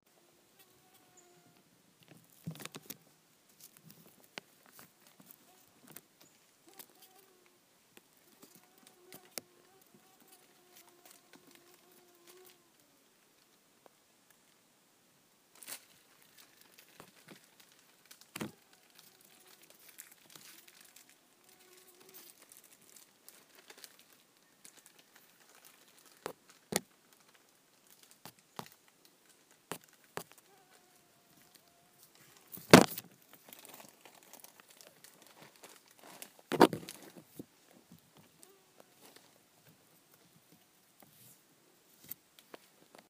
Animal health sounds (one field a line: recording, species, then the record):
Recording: mosquito flight sound by mobile phone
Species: Aedes sierrensis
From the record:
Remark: in a plastic bag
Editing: field recording with all noises